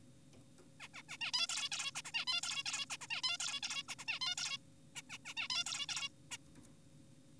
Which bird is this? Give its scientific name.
Taeniopygia guttata